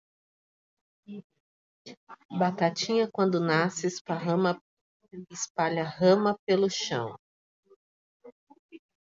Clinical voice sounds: short text; Brazilian Portuguese; female; 40 to 49 years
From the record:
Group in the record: control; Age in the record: 42 years

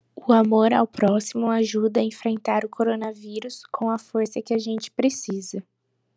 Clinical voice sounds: spoken sentence; Brazilian Portuguese; female; 20 to 29 years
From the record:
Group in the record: control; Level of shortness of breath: 0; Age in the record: 24 years

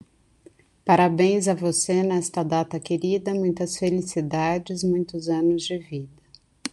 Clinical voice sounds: short text; Brazilian Portuguese; female; 40 to 49 years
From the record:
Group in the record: control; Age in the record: 46 years

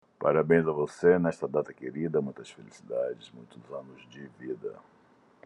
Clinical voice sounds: short text; Brazilian Portuguese; male; 40 to 49 years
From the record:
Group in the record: control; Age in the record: 49 years

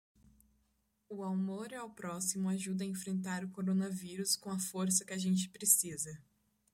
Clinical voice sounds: spoken sentence; Brazilian Portuguese; female; 20 to 29 years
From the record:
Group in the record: control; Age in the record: 21 years

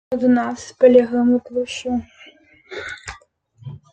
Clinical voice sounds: short text; Brazilian Portuguese; female; 20 to 29 years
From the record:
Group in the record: control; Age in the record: 27 years

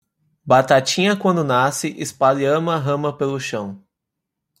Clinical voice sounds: short text; Brazilian Portuguese; male; 30 to 39 years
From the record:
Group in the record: control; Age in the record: 31 years

